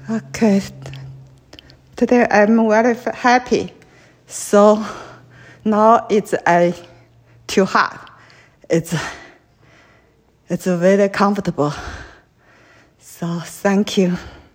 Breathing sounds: free speech after running; female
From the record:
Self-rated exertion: vigorous exertion (4 of 6); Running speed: 8 miles an hour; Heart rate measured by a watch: 108 beats a minute at the start, 109 at the end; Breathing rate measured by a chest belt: 14 breaths a minute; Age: 58 years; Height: 160 cm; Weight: 52 kg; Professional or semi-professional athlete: no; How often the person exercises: over 5 times a week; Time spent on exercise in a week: over 5 hours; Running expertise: no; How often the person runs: 3 to 5 times a week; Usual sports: running, swimming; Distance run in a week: 30 miles

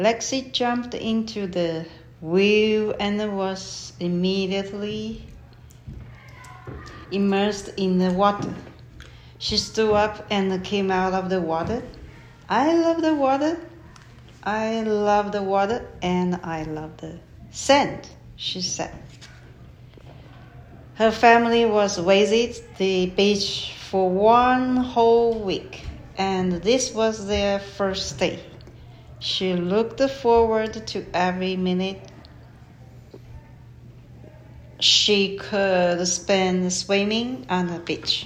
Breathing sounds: reading aloud after running; female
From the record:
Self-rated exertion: very light exertion (1 of 6); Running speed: 5 miles an hour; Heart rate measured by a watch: 57 beats a minute at the start, 61 at the end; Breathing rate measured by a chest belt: 17 breaths a minute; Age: 63 years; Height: 153 cm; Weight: 54 kg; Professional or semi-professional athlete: no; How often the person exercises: 3 to 5 times a week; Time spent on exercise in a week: 3 to 4 hours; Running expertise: no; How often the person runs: 3 to 5 times a week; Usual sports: running, yoga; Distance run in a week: 20 miles

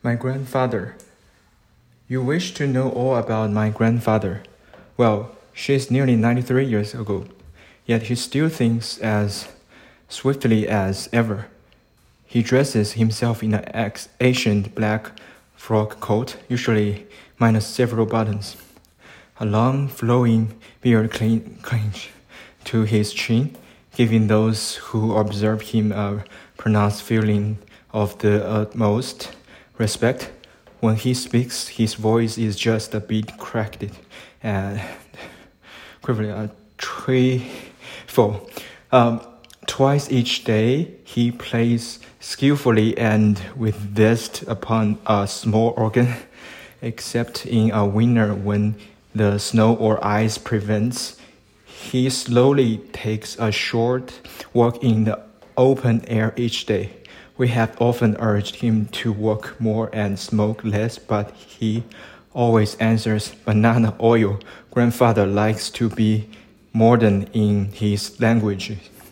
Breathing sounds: reading aloud after running; male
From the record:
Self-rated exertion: vigorous exertion (4 of 6); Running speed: 7 miles an hour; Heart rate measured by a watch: 135 beats a minute at the start, 107 at the end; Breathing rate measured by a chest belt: 25 breaths a minute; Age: 29 years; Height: 172 cm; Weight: 70 kg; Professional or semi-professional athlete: no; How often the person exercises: 1 to 2 times a week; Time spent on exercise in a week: 3 to 4 hours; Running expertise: no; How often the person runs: 1 to 2 times a week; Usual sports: weight training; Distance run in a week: 20 km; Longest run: 21 km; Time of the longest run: 120 minutes

